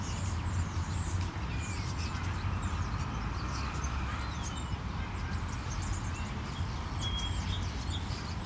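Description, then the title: Common starlings chattering as a flock, with many thin whistles, clicks and squeaky notes scattered throughout over a constant low roar of city traffic. Flock of starlings in plane trees in a city park, Molenbeek-Saint-Jean, Brussels, Belgium, before taking flight; city traffic audible; recorded with Lom mikroUši microphones into a Deity PR-2. "Parc de la Porte de Ninove, Molenbeek-Saint-Jean, Bruxelles-Capitale, Belgique - Starlings and the city"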